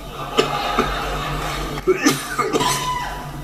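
An adult man coughing, several short coughs in a row.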